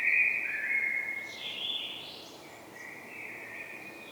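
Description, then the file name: Common blackbird giving a loud fluty whistle, a higher rising flourish, then a softer sustained note, with steady background hiss. "Turdus merula"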